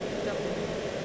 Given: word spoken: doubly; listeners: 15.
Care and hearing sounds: one English word in noise, from a listening test; speech-shaped noise; -6.8 dB; 0 of 15; 7 of 15; 0.65 s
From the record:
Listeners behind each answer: 7, 2, 2, 1, 1, 1, 1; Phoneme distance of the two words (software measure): 7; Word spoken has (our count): 2 syllables, 5 phonemes, stress on syllable 1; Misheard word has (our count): 2 syllables, 4 phonemes, stress on syllable 1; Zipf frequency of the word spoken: 3.13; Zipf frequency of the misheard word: 5.10

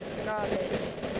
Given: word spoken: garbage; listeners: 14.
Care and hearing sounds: one English word in noise, from a listening test; noise modulated by three-talker babble; -3.1 dB; 2 of 14; 6 of 14; 0.80 s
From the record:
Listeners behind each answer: 6, 3, 2, 2, 1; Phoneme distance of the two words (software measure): 27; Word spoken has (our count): 2 syllables, 5 phonemes, stress on syllable 1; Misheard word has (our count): 2 syllables, 4 phonemes, stress on syllable 1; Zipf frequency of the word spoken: 3.45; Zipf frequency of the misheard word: 5.28

